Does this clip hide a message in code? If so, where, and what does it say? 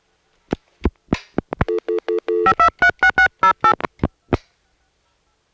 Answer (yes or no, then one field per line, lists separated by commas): yes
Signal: DTMF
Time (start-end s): 2.5-3.7 s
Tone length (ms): 90 ms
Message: 5236608